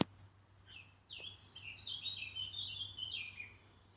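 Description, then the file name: Bird singing a fast, tumbling warble of high twittering notes, after a sharp click at the start, with a low hum underneath. "oiseau"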